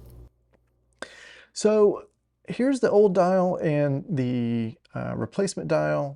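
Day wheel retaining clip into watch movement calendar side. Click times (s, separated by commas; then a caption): 1.0 s. A small metal retaining clip is pressed back on over the new day wheel on the calendar side of a vintage Seiko 7009-5210 automatic watch movement during reassembly. It snaps on with a sharp, loud click at 1.0 s, leaving the clip seated. Then someone talks.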